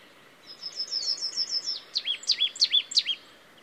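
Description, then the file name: Marsh tit call: a fast trill of thin high notes, then several emphatic two-part notes, each a sharp high stab followed by a lower slurred note. "Poecile palustris"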